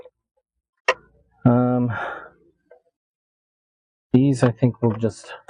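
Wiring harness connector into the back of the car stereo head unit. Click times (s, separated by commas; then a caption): 0.9 s. The smaller plastic wiring-harness connector is pushed into its socket on the back of an OSEMALL aftermarket car stereo head unit for a 2012–2018 Ford Focus, and a sharp click at 0.9 s shows it has seated. Someone talks before and after, with a faint tick at 2.7 s.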